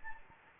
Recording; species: mosquito wingbeat signal from an infrared sensor; Anopheles gambiae